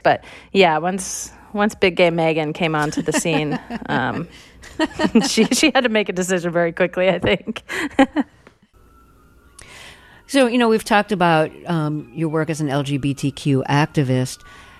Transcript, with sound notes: But, yeah, once big, gay Megan came onto the scene... (Laughter) ...She had to make a decision very quickly, I think (laughter)
So, you know, we've talked about your work as a LGBTQ activist.